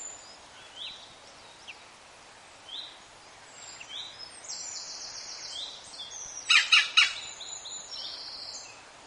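European green woodpecker giving a burst of three or four harsh, grating notes near the end, among scattered high chirps and whistles from other birds.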